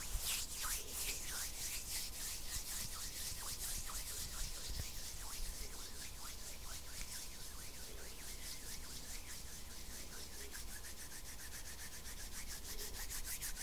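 Hands rub and scratch together in a dense, steady stream of rough, hissing strokes with a bright, papery edge. The strokes come quickly and fairly regularly, close to a sanding rhythm, with a faint low hum underneath throughout.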